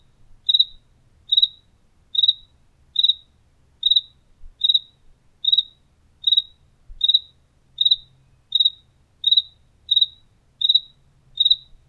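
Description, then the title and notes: Cricket giving brief pulsed chirps at an even pace, roughly 78 per minute, over a quiet background with slight low rumble. Recorded indoors in a house kitchen in Tlaxcala, Mexico. "Grillo Tlaxcalteca. Grillo grabado por Hugo Diego Blanco en la cocina de su casa en Tlaxcala"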